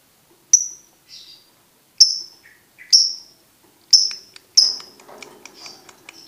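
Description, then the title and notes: Lovebird shrill song: spaced piercing squeaks with softer twitters between, ending in a busy, scratchy chatter. Masteran training audio for birds to learn ngekek. "MASTERAN BURUNG. Belajar Ngekek. lofbet"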